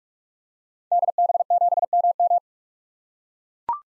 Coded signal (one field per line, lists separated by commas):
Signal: Morse code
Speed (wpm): 42 wpm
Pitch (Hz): 700 Hz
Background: none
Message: DB7MM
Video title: 2023 SOTA Activator Call Signs - 45wpm